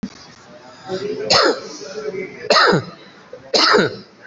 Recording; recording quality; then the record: heavy voluntary cough; excellent, no background noise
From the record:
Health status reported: COVID-19 positive, moderate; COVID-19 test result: positive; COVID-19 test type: RT-PCR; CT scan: taken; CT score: 6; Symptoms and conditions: fever, fatigue, muscle pain, diarrhoea, hypertension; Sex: male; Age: 45 years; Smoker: no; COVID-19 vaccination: one dose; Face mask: worn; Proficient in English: yes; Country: India